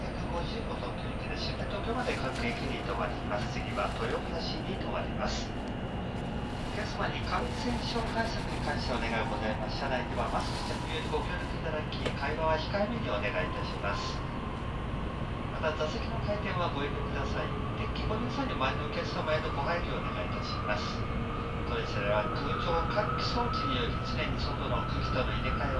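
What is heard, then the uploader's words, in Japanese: Inside a bullet train car, a steady low rumble fills the cabin while a motor whine slowly rises in pitch and voices murmur. 東海道新幹線 名古屋→豊橋 こだま号自由席。14号車に乗車しました。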